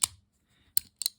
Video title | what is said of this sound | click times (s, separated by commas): Tweeze-and-place 1 - Rail to Bearing clip | have a nice click into place and you can slide it in | 0.8 s